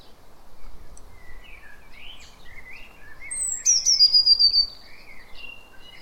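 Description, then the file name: Eurasian blue tit with scattered soft chirps, then a rapid run of piercing high notes sliding downward in the middle, followed by gentler twitters. "Cyanistes caeruleus"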